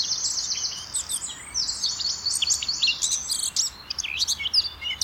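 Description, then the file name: Eurasian blackcap singing a fast, scratchy, high twittering with trilled phrases running almost without pause, over faint background hiss. "Sylvia atricapilla"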